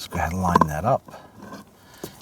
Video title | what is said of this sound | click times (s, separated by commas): How to Replace Blower Motor Resistor & Wiring Harness 2011-2019 Ford Explorer | and push that on you can feel it and hear it snap into place | 2.0 s